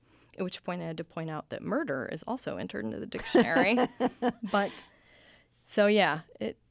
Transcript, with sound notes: At which point, I had to point out that murder is also entered into the dictionary.
(Laughter).
But - so yeah.